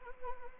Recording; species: mosquito wingbeat signal from an infrared sensor; Anopheles arabiensis